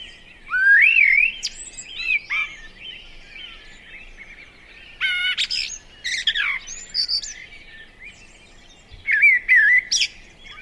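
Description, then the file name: Eurasian blackbird song: three warbling phrases that mix low fluty notes with higher twittering. "Turdus merula"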